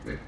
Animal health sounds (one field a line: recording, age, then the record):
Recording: pig call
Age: growing-finishing pig (85 days or more)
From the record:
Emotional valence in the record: positive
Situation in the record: run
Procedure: transit